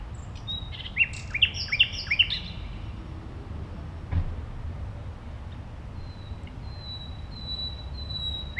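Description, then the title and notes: Common nightingale song: a quick burst of sharp rising notes and short trills, then a pause and a series of thin, high, drawn-out whistles, over a steady low noise. Single nightingale at a playground on Gartenstraße, Mitte, Berlin, Germany. "eine nachtigall am spielplatz gartenstraße, a nightingale at playground, gartenstraße"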